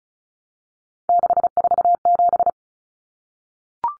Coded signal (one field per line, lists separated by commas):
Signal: Morse code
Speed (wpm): 34 wpm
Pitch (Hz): 700 Hz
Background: none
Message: 647